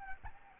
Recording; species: mosquito wingbeat signal from an infrared sensor; Aedes albopictus